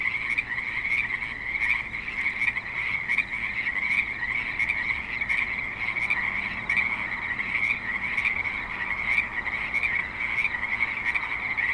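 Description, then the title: Dense frog chorus, many overlapping high croaks merging into a ceaseless pulsing drone. Creek in suburban Spanish Springs, Nevada, USA. "Frogs in Spanish Springs, NV - creek view"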